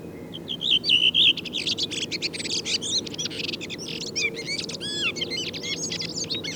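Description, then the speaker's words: Redwing delivering a long, rapid phrase of high whistles and scratchy twitters that shift in pitch, over a soft low hum. Singing style varies between localities as dialects; the same individual always sings the same way; style is learned; birds of one area sing alike; this singer differs from the earlier ones. "Kuuntelemme vielä paria muuta kahdesta aikaisemmasta poikkeavaa laulajaa."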